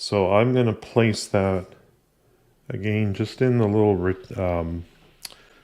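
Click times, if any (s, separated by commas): 5.2 s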